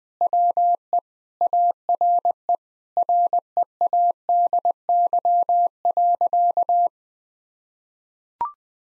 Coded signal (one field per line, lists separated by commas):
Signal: Morse code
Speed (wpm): 20 wpm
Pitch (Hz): 700 Hz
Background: none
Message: WE ARE READY.